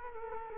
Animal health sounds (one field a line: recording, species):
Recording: mosquito wingbeat signal from an infrared sensor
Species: Culex quinquefasciatus